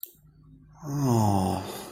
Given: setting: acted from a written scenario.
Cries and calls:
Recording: vocal sound without words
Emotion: disappointment

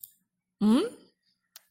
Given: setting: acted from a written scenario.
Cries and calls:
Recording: vocal sound without words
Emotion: confusion

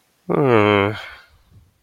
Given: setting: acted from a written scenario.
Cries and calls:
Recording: vocal sound without words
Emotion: disappointment

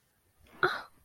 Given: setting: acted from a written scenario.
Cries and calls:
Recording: vocal sound without words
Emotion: contempt

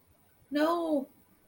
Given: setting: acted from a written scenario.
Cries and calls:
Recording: vocal sound without words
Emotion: fear

